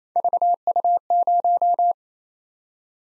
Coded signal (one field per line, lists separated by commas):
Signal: Morse code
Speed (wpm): 28 wpm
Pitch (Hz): 700 Hz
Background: none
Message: VU0